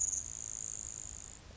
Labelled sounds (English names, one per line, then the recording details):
Grasshopper Sparrow
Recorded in Sonoma County, California